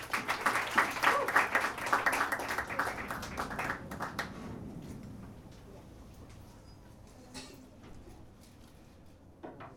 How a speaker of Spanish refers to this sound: Un aplauso para él.